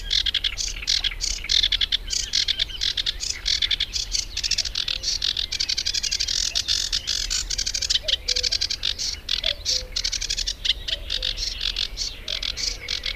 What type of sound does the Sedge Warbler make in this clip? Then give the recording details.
song. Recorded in the wild. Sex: male. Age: adult. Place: Gartz (Oder), Nationalpark Unteres Odertal, Brandenburg, DE. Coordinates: 53.147, 14.3679. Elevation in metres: 1. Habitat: wetland. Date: 2014-05-07 19:52. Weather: cloudy, 18°C, almost windless. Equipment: Sound Devices 702, Sennheiser MKH 70, Rycote Windschutz. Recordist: Frommolt, Karl-Heinz